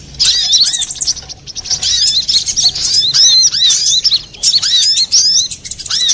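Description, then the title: Little spiderhunter song: piercing, high, swooping chirps tumbling in fast, uneven phrases with brief breaks. Master recording for training cage birds; labelled Labaik. "Sogok Ontong Labaik"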